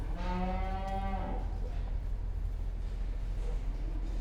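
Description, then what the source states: Cow lowing once, a rich harmonic moo about a second long, then only heavy low rumbling noise. Cows in a pen.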